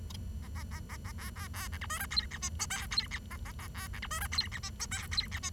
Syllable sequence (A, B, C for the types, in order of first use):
A A A A A B B B C D E F G H I J K G H A A A B C D E F G H I J K G H I